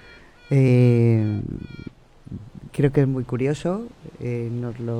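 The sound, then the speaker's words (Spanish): A queen honeybee's piping song: a steady, buzzy, tooting tone held for about a second, followed by a person speaking while the piping tone returns briefly near the end. “Este es el canto de la abeja reina.”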